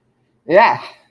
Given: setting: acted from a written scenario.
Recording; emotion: vocal sound without words; pain